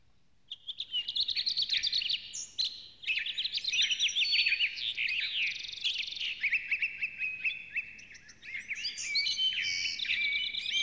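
Bird song, a rapid, varied stream of high chirps, trills and whistled slurs, with quick downslurred notes and brief buzzy phrases running almost continuously with short pauses.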